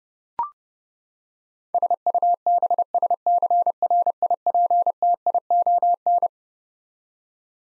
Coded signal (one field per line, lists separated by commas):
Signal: Morse code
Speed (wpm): 30 wpm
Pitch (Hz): 700 Hz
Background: none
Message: SUBSCRIPTION